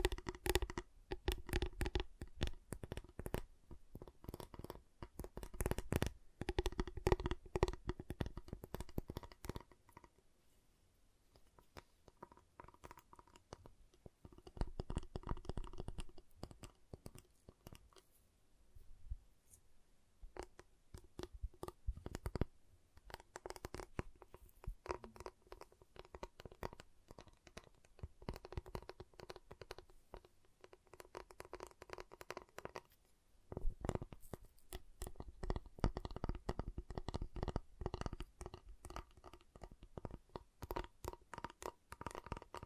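A giant chocolate bar is tapped, cut and snapped in dense bursts of quick, sharp crackly clicks with a low knocking underneath. Busy stretches near the start, middle and end alternate with sparser, quieter gaps around ten and eighteen seconds.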